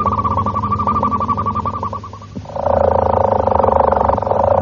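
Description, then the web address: Harz roller canary song: low, soft rolling trill that fades briefly, then resumes as a louder, fast, steady roll. "canarios cantoharz"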